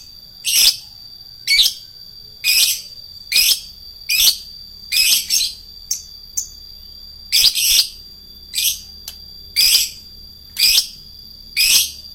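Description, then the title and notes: Lovebird calls: shrill, rasping bursts repeated roughly once a second, now and then doubled, over a steady high tone. Adult lovebird, described as a fighter lovebird. "#4. LOVEBIRD FIGTER. Lovebird Dewasa"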